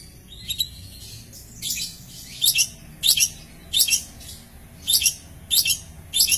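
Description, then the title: Long-tailed shrike giving rasping, buzzy double notes, repeated several times at short intervals. "Cendet"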